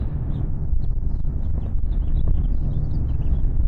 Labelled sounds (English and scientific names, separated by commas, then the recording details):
House Finch (Haemorhous mexicanus) song
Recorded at Neponsit on Long Island, New York, on 4 June 1975
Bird C